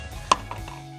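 A magazine, taken to be a VFC magazine, is pushed into the plastic and metal magwell of an Elite Force/VFC 4CRS airsoft rifle. It gives a single sharp, loud click at 0.3 s, followed by two fainter knocks. The magazine seats directly, without fumbling.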